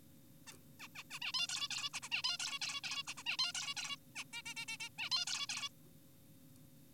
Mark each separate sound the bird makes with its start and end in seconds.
0.47-0.52, 0.80-0.88, 0.96-1.04, 1.11-1.19, 1.22-1.32, 1.34-1.47, 1.49-1.68, 1.71-1.90, 1.94-2.00, 2.03-2.09, 2.12-2.22, 2.24-2.38, 2.40-2.59, 2.62-2.81, 2.84-3.03, 3.07-3.14, 3.18-3.23, 3.26-3.37, 3.39-3.52, 3.55-3.75, 3.77-3.96, 4.16-4.24, 4.33-4.42, 4.46-4.54, 4.57-4.66, 4.68-4.78, 4.80-4.89, 4.99-5.10, 5.12-5.25, 5.27-5.47, 5.49-5.69